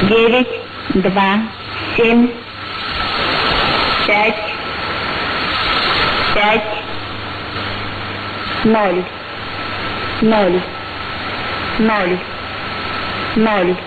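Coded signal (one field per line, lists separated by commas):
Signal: numbers station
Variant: S06s, Russian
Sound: female voice reading Russian digits evenly spaced over radio hiss and hum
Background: radio static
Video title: 28 02 2019 S06s Russian Lady numbers station in Russian to Eu 0940 on 9540 unknown tx site USB+AM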